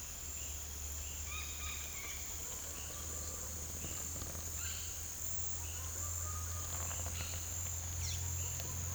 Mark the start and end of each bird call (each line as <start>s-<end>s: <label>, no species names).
1.16s-2.23s: bird call